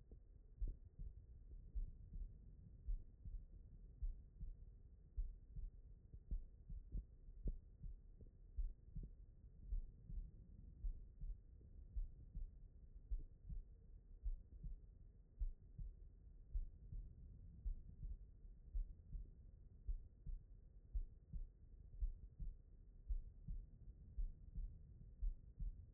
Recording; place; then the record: heart sounds by stethoscope; pulmonary valve (PV)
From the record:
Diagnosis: non-HFrEF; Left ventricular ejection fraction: 62%